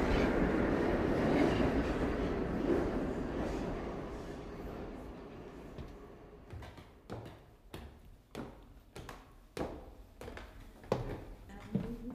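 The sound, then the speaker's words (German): Two trains pull away at the same time in opposite directions with a broad, steady rumble that thins out, giving way to a rhythmic clickety-clack of wheels over rail joints, sharp clacks repeating at a fairly regular pace. “Dann nahmen beide Züge gleichzeitig in entgegengesetzte Richtungen Fahrt auf.”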